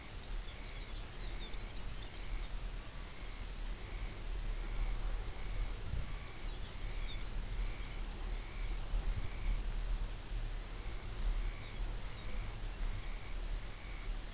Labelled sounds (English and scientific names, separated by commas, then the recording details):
Lapland Longspur (Calcarius lapponicus), Dunlin (Calidris alpina)
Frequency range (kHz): Lapland Longspur (Calcarius lapponicus) 2.9-5.7 kHz
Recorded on Arctic tundra, site UTQI-5, on 24 June 2018
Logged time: 12:00